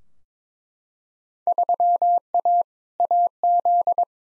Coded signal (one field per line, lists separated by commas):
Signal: Morse code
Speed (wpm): 22 wpm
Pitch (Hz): 700 Hz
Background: none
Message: 3A AZ